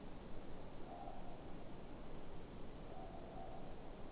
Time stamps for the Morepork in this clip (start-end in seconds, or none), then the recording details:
0.82-1.54, 2.80-3.85. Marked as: faintness 4/5, faintness 3/5. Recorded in New Zealand. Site Eglinton